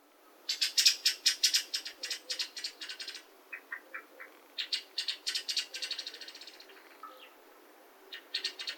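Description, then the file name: Pale thrush calls in rapid bursts of sharp, high, chattering notes, several runs separated by short pauses, with a few lower clipped notes between them. Saitama, Japan; 21 March 2022. "shirohara 220321 saitama oi"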